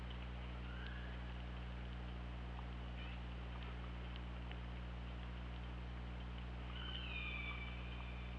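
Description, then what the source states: Killer whale call: a faint tone early, then a stronger harmonic call near the end that falls and then holds, over a constant low hum. Recorded by OrcaLab hydrophone on 24 August 2017 at 21:18:28.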